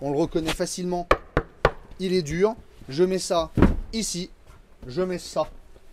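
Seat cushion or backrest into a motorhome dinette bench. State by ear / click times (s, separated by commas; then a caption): not seated / none. Someone talks while converting the dinette bench of a new 2020 Bavaria I720FC Class motorhome into a forward-facing travel seat, raising the backrest and placing a hard seat cushion on the bench. Two short handling thumps are heard at about 1.4 s and 1.7 s as the cushion is positioned. Nothing has seated or clicked into place yet.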